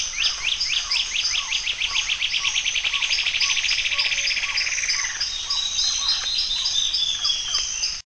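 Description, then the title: Bird song: a fast series of repeated slurred notes speeds into a rolling trill, then eases into spaced notes, over a steady high-pitched hiss throughout. "LuckyPassaro Completos2Sama"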